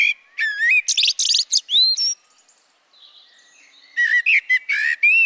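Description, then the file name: Eurasian blackbird singing a phrase of sweeping whistles and high chatter, a short quiet gap, then a new run of fluty notes. "Turdus merula"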